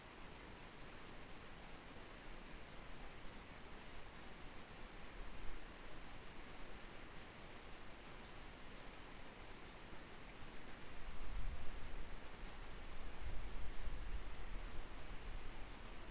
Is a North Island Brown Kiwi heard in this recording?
no